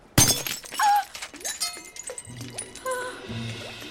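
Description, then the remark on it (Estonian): A sharp, bright smash of a fake ruby made of ordinary glass shattering, followed by a scatter of tinkling fragments and small clinks settling over a few seconds, with faint voices in the background. “Ehtsat rubiini ei saa ju katki teha.”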